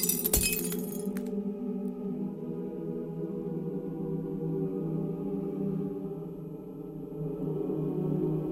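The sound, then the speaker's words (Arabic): A glass office door leading to the corridor is smashed with an iron ashtray, shattering in one sharp, loud crash with bright tinkling fragments for about a second, then only a steady low hum remains. “بعزم قوتي اندفعت ناحية إزاز المكتب اللي بيودي على الممر بره، ومرة واتنين ولقيت طفاية حديد كانت جنبي، مسكتها ونزلت رزع رزع رزع في الباب. واضح انه كان في عزل ولكنه اتكسر في الآخر.”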